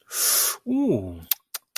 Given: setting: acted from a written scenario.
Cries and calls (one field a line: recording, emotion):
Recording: vocal sound without words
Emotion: interest